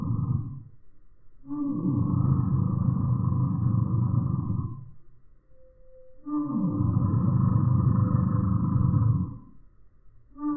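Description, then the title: Eurasian bullfinch threat call, two long, deep, growling roars separated by a quiet gap, with parts of others at the start and end. Male threatening at a feeding station while perched on the recordist's hand held out a window; other birds wait until bullfinches leave; 8x slow motion, smartphone. "Gimpel channelt seinen inneren Tyrannosaurus Rex (8-fache Zeitlupe)"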